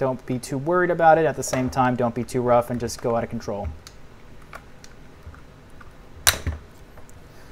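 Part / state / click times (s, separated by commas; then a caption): plastic grip handle clipped onto a game controller body / released / 6.3 s. A plastic grip handle clipped onto a game controller body is pried off with a pry tool gripping the inside. Someone talks for the first few seconds, then faint small ticks follow. A loud sharp pop at 6.3 s marks the clip releasing and the grip handle popping off the controller.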